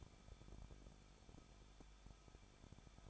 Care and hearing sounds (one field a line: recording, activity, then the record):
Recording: daily activity, microphone in the room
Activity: no activity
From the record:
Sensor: 5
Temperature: 20.7 degrees Celsius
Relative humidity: 38.6%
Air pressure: 1006.5 hPa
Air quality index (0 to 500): 192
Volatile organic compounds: 21 ppm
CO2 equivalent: 2717 ppm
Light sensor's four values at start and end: 2/3/1/1 and 2/3/1/1